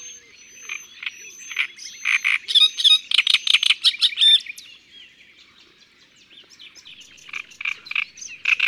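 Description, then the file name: Great reed warbler song, loud rasping repeated syllables in a burst, then a quiet pause before harsh notes resume near the end. "Rousserolle turdoide ABC des chants doiseaux"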